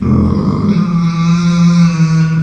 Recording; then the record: squeal of a Yucatan mini pig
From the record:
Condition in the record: after surgery on the right vocal fold (resection and tissue-engineered implant); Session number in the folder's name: 13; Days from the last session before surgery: 113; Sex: female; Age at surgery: 19 weeks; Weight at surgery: 25 kg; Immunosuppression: prednisolone